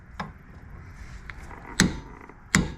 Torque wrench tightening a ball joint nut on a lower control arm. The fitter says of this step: So when you hear that click, you know it's all there,